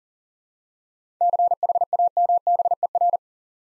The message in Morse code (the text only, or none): CHAMBER